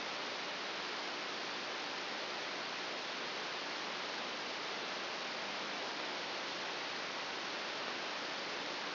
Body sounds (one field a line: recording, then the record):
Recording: brain microelectrode recording played as sound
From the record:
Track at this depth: inside the subthalamic nucleus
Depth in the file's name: 4.801 mm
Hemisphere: right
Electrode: 2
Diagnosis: Parkinson's disease